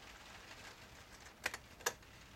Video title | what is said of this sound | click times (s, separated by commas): Steelbook sleeves- protection | they kind of click into place, | 1.5 s, 1.9 s